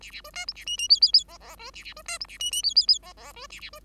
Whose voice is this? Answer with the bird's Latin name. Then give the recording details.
Lonchura striata domestica. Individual Bird5